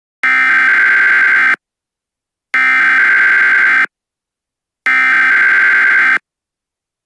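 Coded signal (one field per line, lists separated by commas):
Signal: Emergency Alert System (SAME) tones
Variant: header bursts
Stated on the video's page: Fictional EAS scenario.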